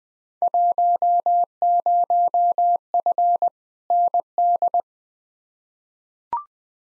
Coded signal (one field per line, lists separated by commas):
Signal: Morse code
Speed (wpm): 20 wpm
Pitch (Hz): 700 Hz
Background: none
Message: 10F ND